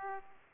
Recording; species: mosquito wingbeat signal from an infrared sensor; Aedes aegypti